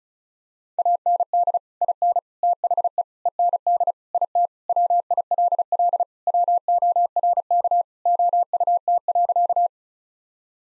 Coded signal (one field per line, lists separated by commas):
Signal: Morse code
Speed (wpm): 36 wpm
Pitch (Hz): 700 Hz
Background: none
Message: AND IN THE END IT WILL WORK OUT.